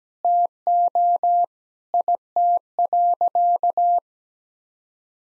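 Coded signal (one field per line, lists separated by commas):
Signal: Morse code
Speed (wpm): 17 wpm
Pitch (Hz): 700 Hz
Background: none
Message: TO IT.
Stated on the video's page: Morse head-copy practice drill at 17 wpm of sentences from the top 1000 words, each sent, then spoken, then sent again.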